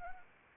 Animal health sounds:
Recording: mosquito wingbeat signal from an infrared sensor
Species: Anopheles arabiensis

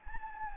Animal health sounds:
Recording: mosquito wingbeat signal from an infrared sensor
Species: Anopheles gambiae

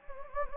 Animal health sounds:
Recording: mosquito wingbeat signal from an infrared sensor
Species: Anopheles gambiae

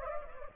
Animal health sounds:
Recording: mosquito wingbeat signal from an infrared sensor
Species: Anopheles gambiae

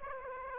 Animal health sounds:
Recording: mosquito wingbeat signal from an infrared sensor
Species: Aedes aegypti

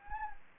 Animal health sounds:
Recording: mosquito wingbeat signal from an infrared sensor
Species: Anopheles gambiae

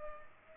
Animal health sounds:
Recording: mosquito wingbeat signal from an infrared sensor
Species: Culex pipiens

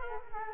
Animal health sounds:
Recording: mosquito wingbeat signal from an infrared sensor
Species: Culex quinquefasciatus

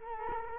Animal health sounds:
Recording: mosquito wingbeat signal from an infrared sensor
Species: Culex quinquefasciatus

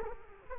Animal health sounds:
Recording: mosquito wingbeat signal from an infrared sensor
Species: Culex quinquefasciatus

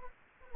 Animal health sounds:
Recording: mosquito wingbeat signal from an infrared sensor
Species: Anopheles gambiae

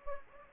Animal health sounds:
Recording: mosquito wingbeat signal from an infrared sensor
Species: Anopheles gambiae

